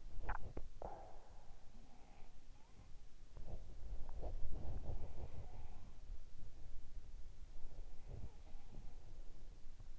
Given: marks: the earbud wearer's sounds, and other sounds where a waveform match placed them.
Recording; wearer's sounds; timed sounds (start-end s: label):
sounds in sleep by an in-ear microphone; teeth grinding, body movement
0.00-0.87 s: teeth grinding
1.43-3.11 s: sound from someone else or the room
3.42-6.85 s: body movement
4.45-6.22 s: sound from someone else or the room
7.53-9.99 s: sound from someone else or the room